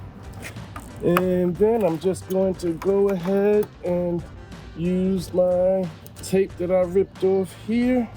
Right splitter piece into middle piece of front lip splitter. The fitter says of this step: Once you hear that snap you know you got it right.